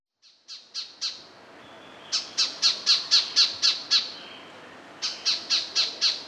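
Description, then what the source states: White-faced Robin call: quick series of short, sharp high notes, about four per second, in three bursts with brief pauses between. Recorded in Papua New Guinea.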